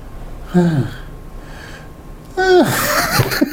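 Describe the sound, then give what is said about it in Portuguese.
A person imitates a fat cat snoring as if suffering: a short, nasal snort with falling pitch, a pause, then a longer, louder, raspy wheezing groan that sounds strained and labored. “Assim, caraca, eu nunca vi, eu imaginei que gato roncasse. E ronca sofrendo.”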